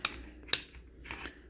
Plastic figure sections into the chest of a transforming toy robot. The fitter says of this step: right there. So you'll hear it like kind of click into place,